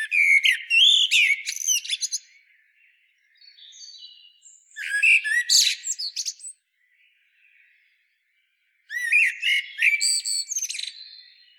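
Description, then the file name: Common blackbird sounding three bursts of rapid squeaky twitters and whistled sweeps, spaced several seconds apart, with faint soft notes between. "Turdus merula"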